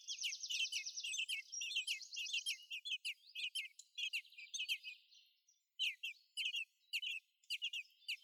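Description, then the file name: Eurasian blackbird giving high, downslurred chips in an uneven series, accompanied at first by a rapid, higher pulsed trill, then pausing briefly before resuming. "Turdus merula"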